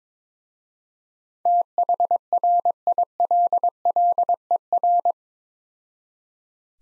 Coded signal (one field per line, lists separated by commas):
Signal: Morse code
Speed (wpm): 22 wpm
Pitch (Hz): 700 Hz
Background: none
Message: THRILLER